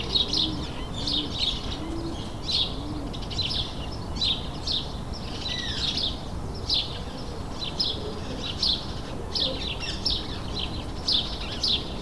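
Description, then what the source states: Sparrows chirp in a busy, overlapping chorus of bright short notes over steady background noise. Several sparrows in a suburban setting, ambient; May 2022.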